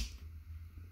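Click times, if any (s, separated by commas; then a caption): none. A plastic barrel piece of a Transformers Earthrise Deluxe Class Cliffjumper transforming robot figure is handled as it is pushed toward its slot during the transformation. A brief soft burst at the very start is followed by a low, steady hum and faint handling noise. Nothing has seated or clicked yet.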